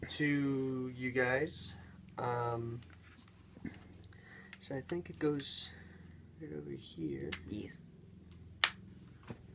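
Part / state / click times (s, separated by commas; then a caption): game console camera into its stand / seated / 8.6 s. A game console camera is fitted onto its plastic stand while someone talks. After a few quiet handling taps, a sharp loud snap at 8.6 s shows the camera seated on the mount, and it bends down.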